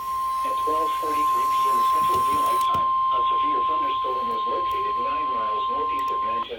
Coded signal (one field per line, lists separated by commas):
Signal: Emergency Alert System (SAME) tones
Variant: 1050 Hz attention tone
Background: speech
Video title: NOAA Radio (EAS # 339) Severe Thunderstorm Warning